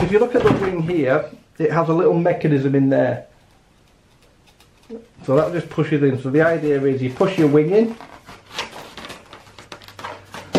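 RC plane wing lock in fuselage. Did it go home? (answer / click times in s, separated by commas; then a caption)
yes / 10.6 s. Someone talks while the wing of a Volantex Ranger G2 foam RC plane is pushed into the fuselage, followed by a few soft handling knocks as the wing lock is pressed down. The lock clicks shut at 10.6 s, seating the wing in place.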